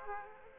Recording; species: mosquito wingbeat signal from an infrared sensor; Aedes aegypti